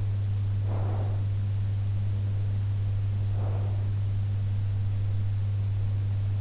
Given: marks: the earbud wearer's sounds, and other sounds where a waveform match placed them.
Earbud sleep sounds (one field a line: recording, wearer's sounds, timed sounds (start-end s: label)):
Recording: sounds in sleep by an in-ear microphone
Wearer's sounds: breath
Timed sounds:
0.61-1.32 s: breath
3.29-4.01 s: breath